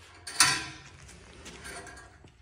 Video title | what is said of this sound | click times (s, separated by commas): J&D Fabricators Utility Trailer Drop Side No Weld Conversion | it locks in place just | 0.4 s